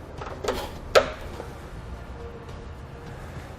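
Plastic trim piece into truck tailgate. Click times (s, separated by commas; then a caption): 1.0 s. A plastic trim piece, its top edge cut off so the Rampage SuperBrite LED tailgate light bar sits flush and its top and bottom tabs left on, is pressed into the tailgate of a 2013 Ram 2500. A softer knock at 0.5 s is followed by a sharp snap at 1.0 s as the tabs lock the piece in place. The trim is seated.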